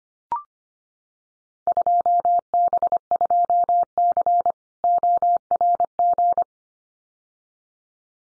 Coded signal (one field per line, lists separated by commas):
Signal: Morse code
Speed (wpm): 25 wpm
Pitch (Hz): 700 Hz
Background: none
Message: 2B2C ORG